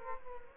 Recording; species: mosquito wingbeat signal from an infrared sensor; Culex quinquefasciatus